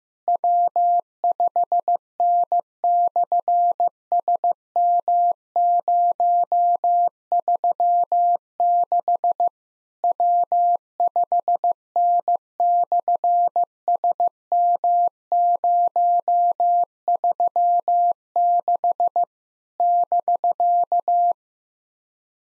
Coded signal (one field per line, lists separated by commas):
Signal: Morse code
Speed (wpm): 15 wpm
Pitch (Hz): 700 Hz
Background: none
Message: W5N/SM036 W5N/SM036 <BK>